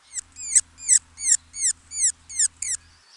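Hummingbird calls: a quick series of about eight thin, high, downward-sweeping notes, roughly three per second.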